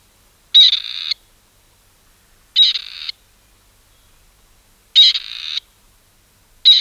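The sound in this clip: Bird calls: four harsh, buzzy bursts, each about half a second long, repeated roughly every two seconds with silence between.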